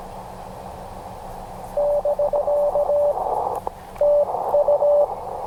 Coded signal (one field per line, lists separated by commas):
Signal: Morse code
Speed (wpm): 17 wpm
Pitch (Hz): 580 Hz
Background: radio noise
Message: <BK> TU